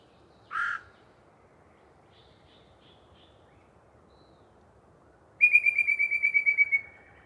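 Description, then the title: Yellow-breasted chat giving a harsh squawk, a few faint soft notes, then a long rapid chattering series near the end. Long pre-dawn singing session by one particularly chatty bird in deciduous cover. "A Very Chatty Yellow-breasted Chat"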